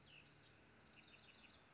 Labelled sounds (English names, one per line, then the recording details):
Cassin's Vireo
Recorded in Sonoma County, California